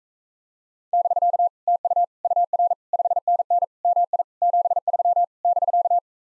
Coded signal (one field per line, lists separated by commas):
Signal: Morse code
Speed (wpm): 44 wpm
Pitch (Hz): 700 Hz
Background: none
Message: <BK> TU UR 5NN MI 73 <BK>